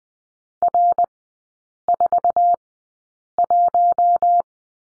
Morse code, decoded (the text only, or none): R41